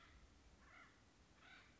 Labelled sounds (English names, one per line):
Acorn Woodpecker